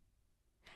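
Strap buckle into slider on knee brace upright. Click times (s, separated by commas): 0.7 s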